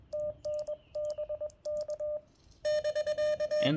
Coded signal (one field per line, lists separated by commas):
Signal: Morse code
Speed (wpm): 21 wpm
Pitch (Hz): 600 Hz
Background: radio noise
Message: TN BK <BK>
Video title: US-12071 CW Revisit